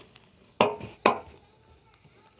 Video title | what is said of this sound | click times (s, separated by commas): Bumpers That Deliver By MBI AUTO Fender Install On 7th Gen Maxima | Here, click in place. | 0.6 s, 1.1 s